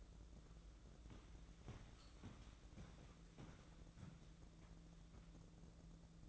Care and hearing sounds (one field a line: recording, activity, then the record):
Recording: daily activity, microphone in the room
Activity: walk to room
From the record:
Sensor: 3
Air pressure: 1012.2 hPa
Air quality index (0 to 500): 139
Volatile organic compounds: 2 ppm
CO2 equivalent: 1066 ppm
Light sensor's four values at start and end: 150/360/149/140 and 149/358/149/139